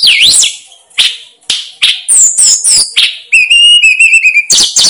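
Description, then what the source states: Snowy-browed flycatcher song: high sweeping whistles and chirps in short bursts, then a steady warbled trill with bright overtones. Master song used to train caged birds.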